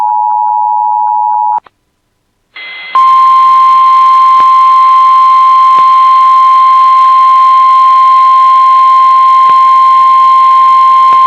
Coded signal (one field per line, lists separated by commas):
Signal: Emergency Alert System (SAME) tones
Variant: 853 and 960 Hz attention tone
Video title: [EAS] Tornado Watch 415 for Polk County MN (6/29/26)